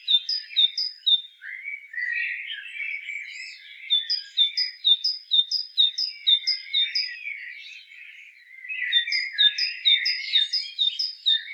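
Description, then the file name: Great tit calls: crisp high two-note chips in fast repeated series over a lower scratchy twittering, the chipping returning after a short lull. "Parus major"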